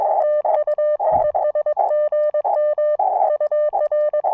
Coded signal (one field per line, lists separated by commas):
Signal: Morse code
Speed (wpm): 22 wpm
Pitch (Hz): 3000 Hz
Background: none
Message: TU ES GM UR